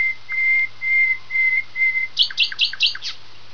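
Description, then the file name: Common nightingale song: several slow, pure whistled notes on one pitch, then a quick burst of sharp, high chirps. "usignolo"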